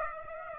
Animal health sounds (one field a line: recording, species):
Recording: mosquito wingbeat signal from an infrared sensor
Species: Aedes aegypti